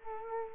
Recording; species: mosquito wingbeat signal from an infrared sensor; Culex quinquefasciatus